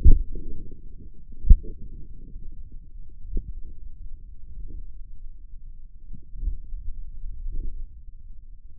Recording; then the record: forearm muscle sounds (acoustic myography)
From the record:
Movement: finger pinch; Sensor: system 2, bracelet of six BSWA MPA416 microphones around the upper forearm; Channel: 3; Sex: male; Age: 22 years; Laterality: right